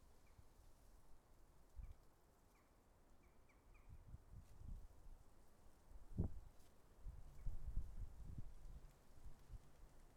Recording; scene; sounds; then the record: everyday scene through a hearing-aid microphone; wind on the microphone; wind, traffic, birds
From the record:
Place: suburban garden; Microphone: behind the ear, left, front